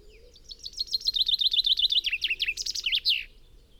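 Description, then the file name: Common chaffinch song, a lively cascade of repeated chirps descending in pitch and finishing with a sharp terminal flourish, clear over a quiet background. "Fringilla coelebs"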